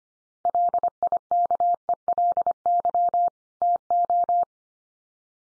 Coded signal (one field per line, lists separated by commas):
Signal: Morse code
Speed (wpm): 25 wpm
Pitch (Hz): 700 Hz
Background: none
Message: LIKELY TO